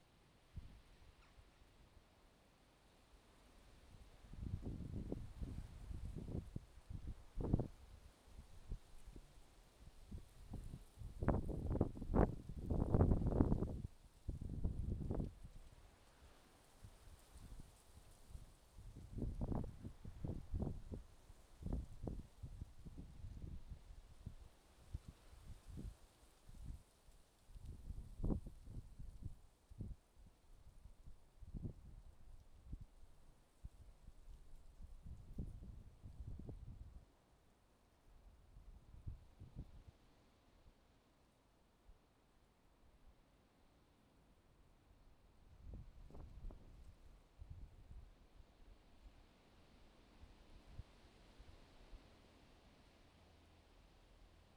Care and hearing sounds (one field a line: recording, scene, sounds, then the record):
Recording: everyday scene through a hearing-aid microphone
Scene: wind on the microphone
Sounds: wind, traffic, birds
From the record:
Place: suburban garden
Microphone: in the ear canal, left